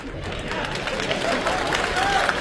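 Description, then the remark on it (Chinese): An audience at a comedy stage show claps steadily for a couple of seconds, a dense, even crackle of many hands at moderate loudness, with a faint voice audible beneath the applause, answering a performer's call for warm applause. “这会儿需要互动，热烈的掌声来，快点，快点”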